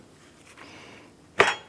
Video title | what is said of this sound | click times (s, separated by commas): How to Replace Front Hydraulic Engine Mount 2004-2008 Acura TL | once that pops in i'm going to go ahead and take our bracket line this up | 1.4 s